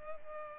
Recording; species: mosquito wingbeat signal from an infrared sensor; Culex pipiens